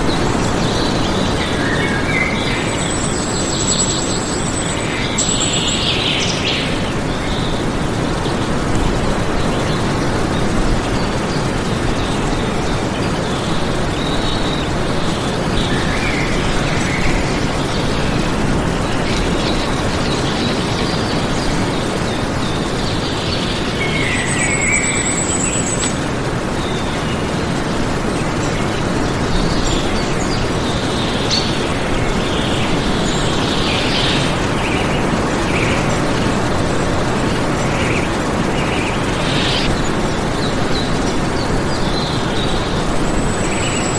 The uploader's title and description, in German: Harmonische Vogelsymphonie. Die einzigartigen Gesänge verschiedener Vogelarten verschmelzen zu einer beruhigenden Melodie